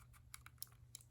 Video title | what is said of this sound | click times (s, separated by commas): Turning the Vita into a Switch! | nice satisfying little click you can close the door up | 0.6 s